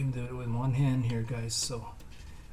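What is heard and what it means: A man talks while an electrical connector is pushed one-handed onto the power steering pressure sensor of a 2007 Honda Odyssey, during a power steering high pressure hose replacement. The connector is only being handled, and nothing has seated or clicked yet.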